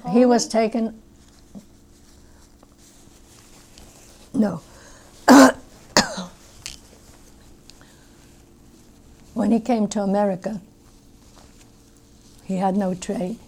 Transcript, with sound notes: He was taken, no. ( she coughs ) When he came to America he had no trade.